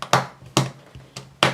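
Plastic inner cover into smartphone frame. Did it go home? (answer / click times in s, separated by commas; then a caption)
yes / 0.1 s, 0.6 s, 1.4 s. A plastic inner cover is fitted tabs-first into the frame of a Galaxy S7 Edge after reconnecting the new front camera, then pressed down around its edges. Sharp snaps ring out at 0.1, 0.6 and 1.4 seconds, with a few fainter ticks in between. The cover snaps fully into place.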